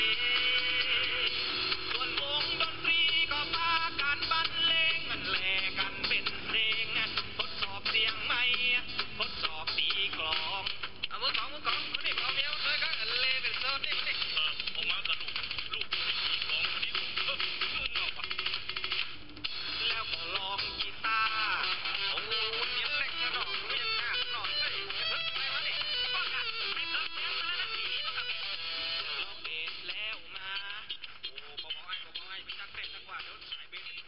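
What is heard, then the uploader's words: A man sings Thai music over shortwave radio, thin and band-limited, with steady hiss and wavering tones throughout the half-minute. Music on shortwave radio. Thailand Music (male singing) heard on shortwave radio at night in Chiang Mail, Thailand.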